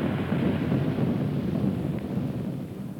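Thunder from an approaching thunderstorm rumbles in a deep, continuous roll that stays steady and fairly loud for a few seconds, then eases off slightly toward the end, with no voices.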